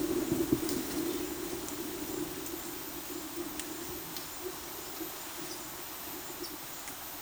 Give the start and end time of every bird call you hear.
5.34s-7.22s: bird call

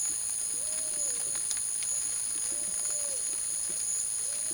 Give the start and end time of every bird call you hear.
0.53s-1.36s: bird call
2.36s-3.24s: bird call

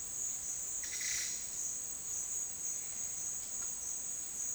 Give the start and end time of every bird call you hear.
0.76s-1.36s: bird call

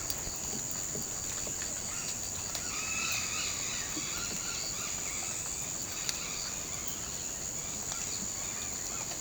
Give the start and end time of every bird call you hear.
2.55s-5.34s: bird call
7.96s-9.21s: bird call

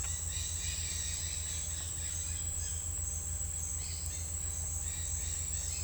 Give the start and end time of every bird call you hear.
0.02s-2.70s: bird call
3.75s-4.21s: bird call
4.82s-5.84s: bird call

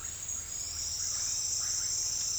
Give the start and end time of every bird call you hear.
0.72s-2.38s: bird call

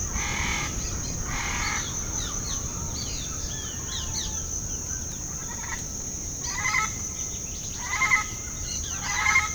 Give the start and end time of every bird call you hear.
0.66s-4.43s: bird call
5.28s-5.80s: bird call
6.38s-8.26s: bird call
8.60s-9.54s: bird call

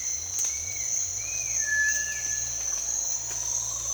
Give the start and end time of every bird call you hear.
0.00s-2.52s: bird call
2.90s-3.94s: bird call

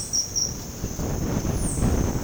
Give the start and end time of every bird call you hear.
0.00s-2.23s: bird call

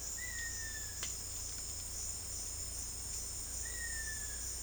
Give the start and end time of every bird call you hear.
0.16s-1.04s: bird call
3.50s-4.43s: bird call

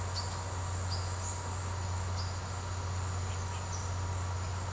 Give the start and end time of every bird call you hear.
0.10s-0.36s: bird call
0.80s-1.25s: bird call
2.03s-2.27s: bird call
3.73s-3.91s: bird call

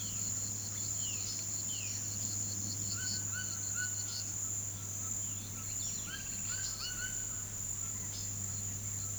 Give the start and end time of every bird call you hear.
0.00s-4.20s: bird call
4.82s-7.39s: bird call

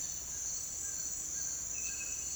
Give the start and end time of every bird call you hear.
0.74s-2.36s: bird call

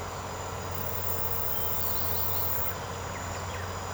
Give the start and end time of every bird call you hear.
1.37s-2.68s: bird call

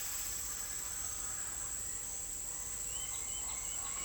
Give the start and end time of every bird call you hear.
2.31s-4.05s: bird call

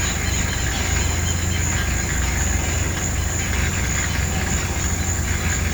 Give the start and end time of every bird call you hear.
0.01s-1.59s: bird call

